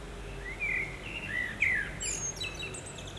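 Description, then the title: Common blackbird song: several low, fluty warbled notes, then a thin, high twittering flourish, over a steady low background hum. Kruidtuin botanical garden, Kapucijnenvoer, Leuven, Belgium; more than one blackbird; recorded binaurally with an Ambeo Smart Headset into an iPhone. "Kruidtuin van Leuven, Kapucijnenvoer 30, 3000 Leuven, Belgique - Blackbirds"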